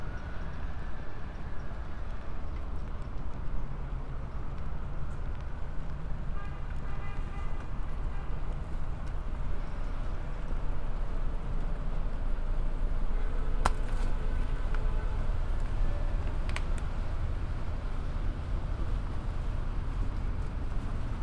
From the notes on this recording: A binaural field recording, from the Queens Museum to my apartment in Harlem via the MTA